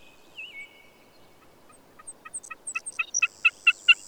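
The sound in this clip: Bird song: a slurred whistled note, then a series of stacked, ringing notes that grow louder, with a thin high steady tone over the end.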